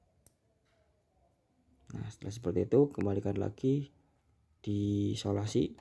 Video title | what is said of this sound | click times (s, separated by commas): Cara Memasang Lampu Projie Projector H7 dan Saklar Lampu pada Sepeda Motor Honda Beat Street | Setelah terpasang kencang, kita masukkan lagi ke dalam soket flashernya sampai bunyi klik. | 0.3 s